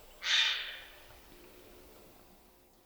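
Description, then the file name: Eurasian Jay uttering one loud, noisy screech that fades quickly, followed by near silence. "Garrulus glandarius"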